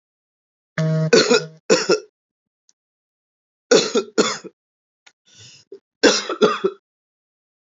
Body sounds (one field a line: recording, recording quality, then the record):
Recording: heavy voluntary cough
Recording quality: excellent, no background noise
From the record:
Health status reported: recovered from COVID-19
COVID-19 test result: negative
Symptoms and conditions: fatigue, muscle pain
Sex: male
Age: 41 years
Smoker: not ticked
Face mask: not worn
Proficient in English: yes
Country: India